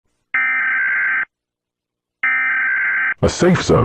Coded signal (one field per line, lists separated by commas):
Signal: Emergency Alert System (SAME) tones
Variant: header bursts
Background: speech